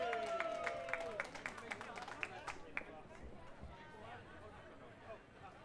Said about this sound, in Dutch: Maar er komt een... Geef haar een warm applaus.